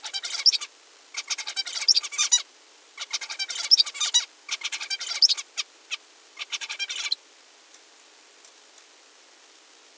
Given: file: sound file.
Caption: An example of a Zebra finch song labeled as a signal since it will be masked and recovered.